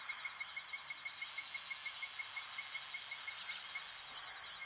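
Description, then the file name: Two-colored oval frog call: a faint high buzz rises into a loud, even, sustained trill lasting about three seconds, then stops abruptly; insects hum steadily behind. Chajarí, Argentina; recorded 01/01/2013 at 20:17 h. "Elachistochleisbicolor Chajari 010120132017 hs"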